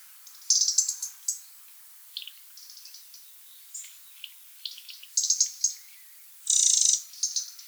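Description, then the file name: European robin song, high sparkling notes and trills in separate phrases, ending with a loud buzzy burst and quick twitters. "Erithacus rubecula"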